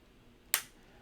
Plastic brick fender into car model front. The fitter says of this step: these fenders actually do snap in place in front here